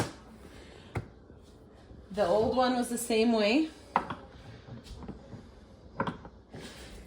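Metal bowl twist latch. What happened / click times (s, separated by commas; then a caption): The mixer bowl clicked as it unlatched from the base / 0.9 s. A Nutramill Artiste stand mixer (2023 model) has its mixing bowl turned back to unlatch it from the mixer base. A click is heard at 0.95 s as the bowl releases. Someone then talks, and a few more knocks and taps follow.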